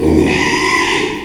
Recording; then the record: squeal of a Yucatan mini pig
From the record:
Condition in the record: after surgery on the right vocal fold (resection and tissue-engineered implant); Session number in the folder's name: 1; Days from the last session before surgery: 6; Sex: male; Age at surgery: 12 weeks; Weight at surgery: 13 kg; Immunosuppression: cyclosporine, prednisolone